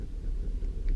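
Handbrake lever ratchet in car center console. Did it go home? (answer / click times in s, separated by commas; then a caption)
yes / 0.9 s. A car's handbrake lever in the center console is pulled up with its button pressed until the ratchet catches, over a steady low rumble. A single faint click at 0.9 s marks the lever locking in the raised position, applying the brake.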